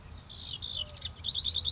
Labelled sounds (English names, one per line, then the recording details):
House Wren
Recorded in Sonoma County, California